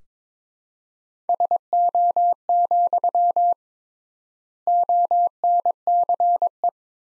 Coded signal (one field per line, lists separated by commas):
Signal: Morse code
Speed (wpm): 22 wpm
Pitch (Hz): 700 Hz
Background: none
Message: SO, ONCE